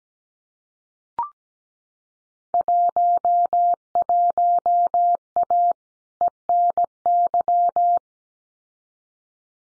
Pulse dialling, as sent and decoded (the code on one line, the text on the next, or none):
none